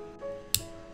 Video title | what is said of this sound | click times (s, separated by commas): Building The Ultimate 12 GPU Mining Rig | There we go. That's a nice solid click. | 0.5 s